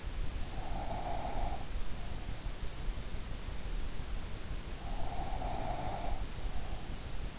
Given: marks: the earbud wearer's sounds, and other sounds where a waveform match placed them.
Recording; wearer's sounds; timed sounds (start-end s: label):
sounds in sleep by an in-ear microphone; snoring breath
0.52-3.78 s: snoring breath
4.88-7.39 s: snoring breath